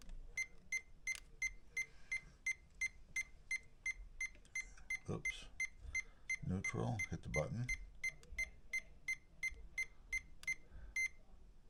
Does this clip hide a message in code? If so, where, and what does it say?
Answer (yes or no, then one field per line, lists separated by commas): no